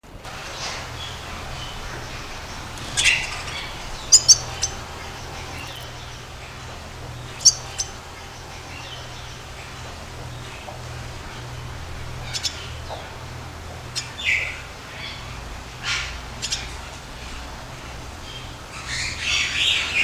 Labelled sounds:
Red Siskin call
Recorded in captivity
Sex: male
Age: adult
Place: Zoo Berlin, Berlin, DE
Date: 2001-11-15 14:11
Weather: partly cloudy, 2 - 4°C
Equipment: Marantz CP 130, Sennheiser MKH 416, Kopie Uher 4000 Report Monitor
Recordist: Tembrock, Günter

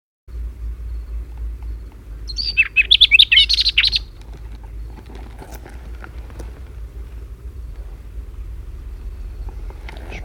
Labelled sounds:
Barred Warbler song
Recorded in the wild
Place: Sapareva Banya, Rila-Gebirge, Sofia, BG
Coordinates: 42.29, 23.269
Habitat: Montains
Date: 1974-05-22
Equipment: Nagra III BH, Sennheiser MD 21, parabola
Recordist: Schubert, Michael
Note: Gesang Sperbergrasmücke (1 x)

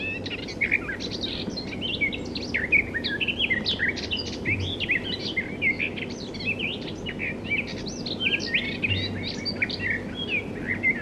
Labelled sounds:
Garden Warbler song
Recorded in the wild
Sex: male
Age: adult
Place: Friedrichsmoor, Landschaftsschutzgebiet Lewitz, Mecklenburg-Vorpommern, DE
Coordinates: 53.4572, 11.5731
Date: 1965-05-19 19:07
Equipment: Grundig TK 4, BG 20/6 - 19 cm/s
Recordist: Schubert, Michael

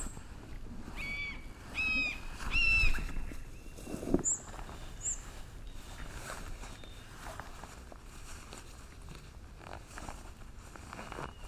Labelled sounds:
Common Buzzard call
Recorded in the wild
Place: Niederspree, Niederspreer Teichgebiet, Sachsen, DE
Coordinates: 51.4119, 14.8739
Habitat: coniferous forest
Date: 2008-07-30
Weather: heiter, 20°C, schwacher Wind
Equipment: Fostex FR2-LE, Sennheiser ME66, Popschutz
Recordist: Frommolt, Karl-Heinz

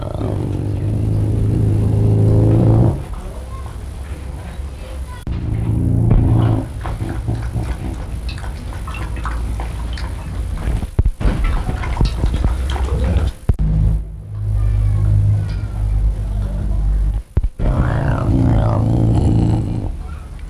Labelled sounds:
Ocelot
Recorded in captivity
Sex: male
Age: adult
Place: Tierpark Berlin, Berlin, DE
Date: 1963-03-30 15:30
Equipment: Minifon, Kopie Smaragd
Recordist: Tembrock, Günter

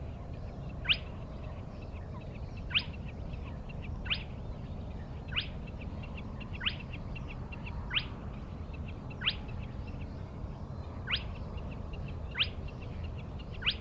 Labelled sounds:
Spotted Crake
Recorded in the wild
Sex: male
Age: adult
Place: Schwedt/Oder, Nationalpark Unteres Odertal, Brandenburg, DE
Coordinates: 53.1044, 14.3492
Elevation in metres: 1
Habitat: wetland
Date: 2015-04-23 04:45
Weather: clear, 4°C, almost windless
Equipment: Sound Devices 702, Sennheiser MKH 70, Rycote Windschutz
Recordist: Frommolt, Karl-Heinz

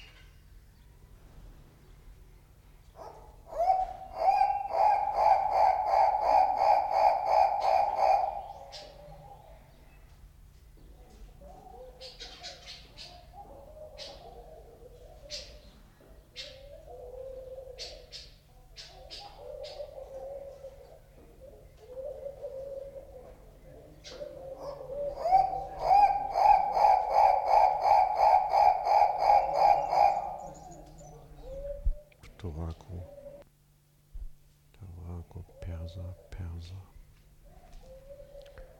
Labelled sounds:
Guinea Turaco call
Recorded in captivity
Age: adult
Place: Zoo Berlin, Berlin, DE
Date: 1993-04-02 11:52
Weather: sonnig, -1 bis + 5 °C
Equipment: Marantz CP 430, Sennheiser ME 80, Kopie Uher Variocord 263
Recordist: Tembrock, Günter

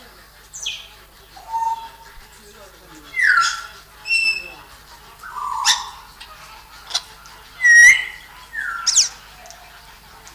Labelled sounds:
Grey Parrot call
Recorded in captivity
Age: adult
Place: Tierpark Berlin, Berlin, DE
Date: 1999-07-31 16:25
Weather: heiter, 26°C
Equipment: Sony WM-D6C, Sennheiser ME 80, Kopie Uher 4000 Report Monitor
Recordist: Tembrock, Günter

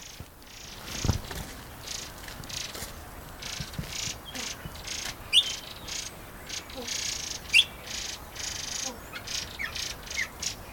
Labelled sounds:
Blue Eared Pheasant call
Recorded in captivity
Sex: male
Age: adult
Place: Tierpark Berlin, Berlin, DE
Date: 1997-03-02 12:36
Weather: heiter, 15°C, böiger Wind
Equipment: Nagra SN, Kopie Uher 4000 Report Monitor
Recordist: Tembrock, Günter

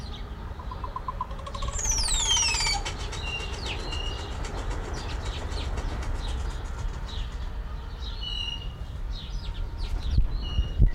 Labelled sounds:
Crested Oropendola
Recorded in captivity
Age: adult
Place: Zoo Berlin, Berlin, DE
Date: 1994-06-25 12:09
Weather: sonnig, 18-25°C, Wind
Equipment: Marantz CP 430, Sennheiser ME 80, Kopie Uher Variocord 263
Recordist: Tembrock, Günter

